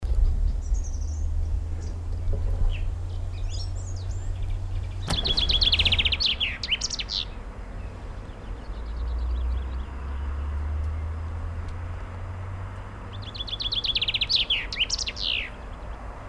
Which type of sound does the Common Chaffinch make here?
song